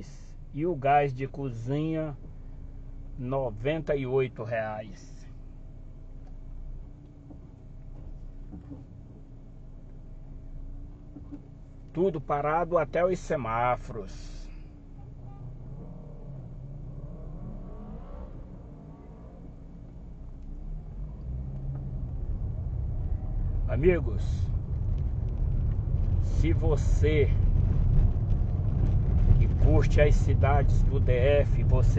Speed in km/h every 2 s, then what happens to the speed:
0, 0, 0, 0, 0, 0, 0, 0, 2, 0, 9, 17, 22, 26, 28, 30.
0-18 standing. 18-32 pulls away to 30.